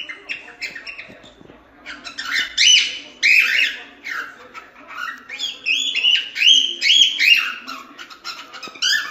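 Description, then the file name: Cockatiel song: a continuous chattering warble of whistled slurs and harsh chirps, rising and falling in quick phrases with brief dips between. Lutino colour variety, song. "canto da calopsita lutino"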